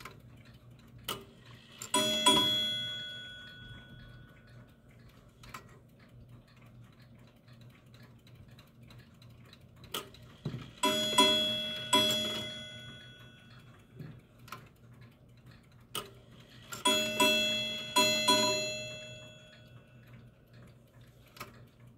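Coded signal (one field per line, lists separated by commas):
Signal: ship's bell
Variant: Chelsea ship's bell clock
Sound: clock ticking with three clusters of paired bell strikes ringing out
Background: clock ticking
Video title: CHELSEA 3/4 SHIPS BELL BANJO CLOCK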